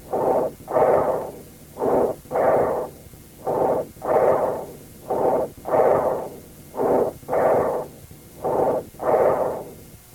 Tracheal breath sounds heard over trachea the features of bronchial breath sounds.